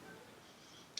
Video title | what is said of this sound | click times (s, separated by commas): Shovelhead Electrics Part 2 | fit the push buttons on the front which click into place | 1.0 s